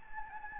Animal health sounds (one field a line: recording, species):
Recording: mosquito wingbeat signal from an infrared sensor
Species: Anopheles gambiae